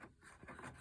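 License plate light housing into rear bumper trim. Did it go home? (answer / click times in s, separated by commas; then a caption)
no / none. A plastic license plate light housing, fitted with its bulb sockets and Sylvania LED 194 bulbs, is handled against its opening in the rear bumper trim of a 1996–2000 Honda Civic. Soft rubbing and scraping handling noise is heard throughout the 0.8-second clip. Nothing has snapped into place yet.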